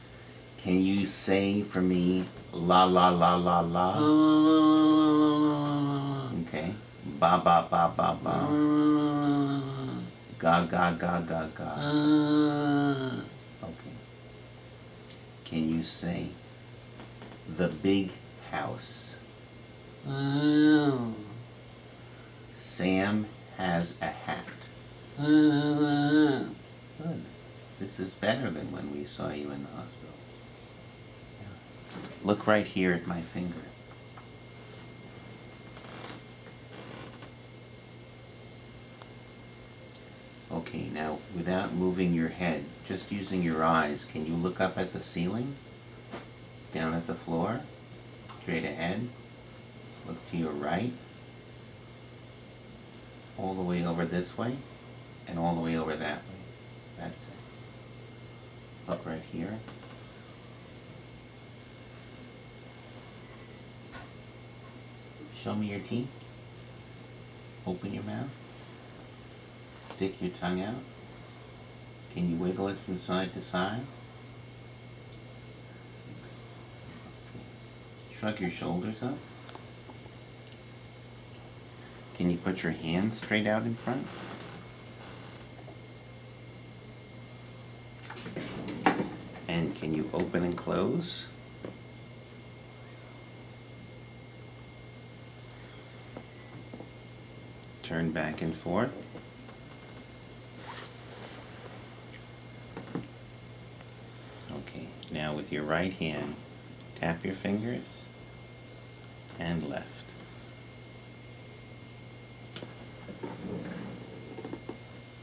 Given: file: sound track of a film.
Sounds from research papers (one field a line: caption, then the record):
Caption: Before initiation of pramipexole (only on carbidopa-levodopa). Risus sardonicus with significant dysarthria, bradykinetic movement (low amplitude on finger tapping) and dystonia involving the hands are observed.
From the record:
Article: Dramatic Response to Pramipexole in Delayed-Onset Parkinsonism from Osmotic Demyelinating Syndrome